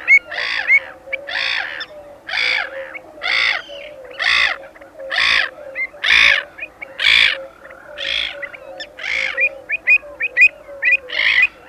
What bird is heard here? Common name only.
Black-headed Gull